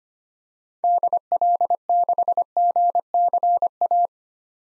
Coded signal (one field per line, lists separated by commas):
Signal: Morse code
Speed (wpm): 25 wpm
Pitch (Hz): 700 Hz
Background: none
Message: DL6GCA